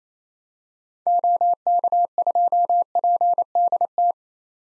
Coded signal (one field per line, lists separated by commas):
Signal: Morse code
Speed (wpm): 28 wpm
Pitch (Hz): 700 Hz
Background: none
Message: OK2PDT